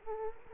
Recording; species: mosquito wingbeat signal from an infrared sensor; Culex quinquefasciatus